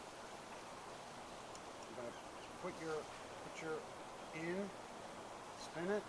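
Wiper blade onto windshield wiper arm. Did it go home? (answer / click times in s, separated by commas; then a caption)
no / none. A wiper blade is centered and lined up on a windshield wiper arm before being spun in and clipped, over steady background hiss. Someone talks in short bursts. Nothing has clicked or seated yet.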